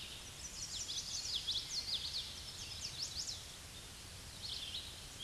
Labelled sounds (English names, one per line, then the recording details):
Common Yellowthroat song
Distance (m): 25 m
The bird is about 5 m above the microphone
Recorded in a Pennsylvania forest on 16 May 2024 at 07:32
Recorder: AudioMoth, point MSD-2429
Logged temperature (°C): 16.7 °C
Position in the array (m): 90 m, 93 m